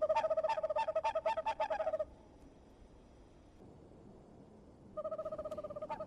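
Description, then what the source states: Western Screech-Owl tooting: a run of hollow, evenly pitched hoots, then a pause, then another series. Played from an iPhone app by biologist Jay Carlisle.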